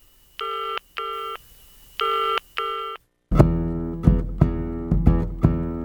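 A radio station's telephone rings twice in a steady ring-ring pattern, each burst a bright, buzzy electronic tone, followed by a loud burst of music with punchy, rhythmic beats.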